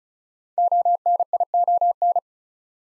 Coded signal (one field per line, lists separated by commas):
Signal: Morse code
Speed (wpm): 33 wpm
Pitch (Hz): 700 Hz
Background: none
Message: ONION